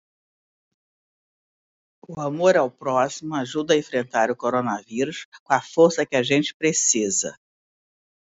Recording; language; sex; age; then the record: spoken sentence; Brazilian Portuguese; female; 50 to 59 years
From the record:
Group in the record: control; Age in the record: 59 years